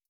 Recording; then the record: hydrophone in a shrimp aquaculture tank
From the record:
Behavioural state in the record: stressed